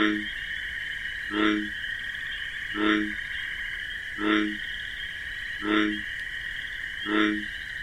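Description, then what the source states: Bullfrog: deep harmonic frog croaks sound at an even pace, roughly every 1.4 seconds, while crickets keep up a constant high buzzing hum. Night in wetlands with marsh grasses; bullfrog's distinctive 'jug-o-rum' call amid a nocturnal chorus of crickets.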